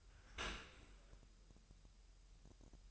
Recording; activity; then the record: daily activity, microphone in the room; open dishwasher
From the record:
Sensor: 2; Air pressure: 1000.5 hPa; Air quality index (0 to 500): 246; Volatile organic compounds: 92 ppm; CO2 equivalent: 3699 ppm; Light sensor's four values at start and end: 9/21/9/9 and 9/21/9/9